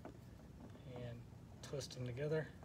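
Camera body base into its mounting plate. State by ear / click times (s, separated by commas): not seated / none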